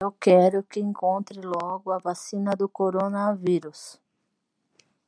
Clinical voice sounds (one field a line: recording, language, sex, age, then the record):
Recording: spoken sentence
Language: Brazilian Portuguese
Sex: female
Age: 40 to 49 years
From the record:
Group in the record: control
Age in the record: 43 years